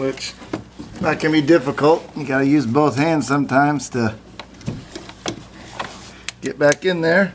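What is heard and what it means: Someone talks while working two-handed to reach in and push a plastic wiring harness connector onto a new crankshaft position sensor on a GM 4.8L/5.3L/6.0L/6.2L engine. Short, sharp handling knocks and taps are heard between about 4.4 and 6.5 seconds. The clip ends before the part goes home, so nothing has seated or clicked yet.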